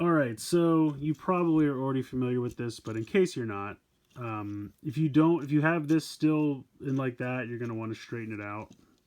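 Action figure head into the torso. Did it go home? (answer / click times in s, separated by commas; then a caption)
no / none. Someone talks while handling a Transformers Cyberverse Optimus Prime Battle Base Trailer action figure, getting ready to push its plastic head into the torso during the transformation. Nothing has seated or clicked into place yet by the end of the clip.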